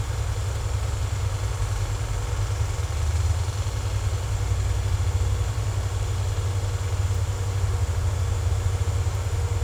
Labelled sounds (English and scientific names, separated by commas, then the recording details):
none
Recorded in secondary vegetation near Puerto Asís, Putumayo, Colombia, on 18 December 2024 at 14:30
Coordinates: 0.468, -76.324
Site G095